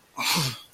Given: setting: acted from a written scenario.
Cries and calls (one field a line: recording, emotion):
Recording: vocal sound without words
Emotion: shame